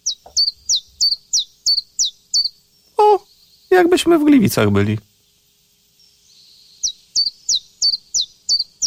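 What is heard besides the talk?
birds singing and chirping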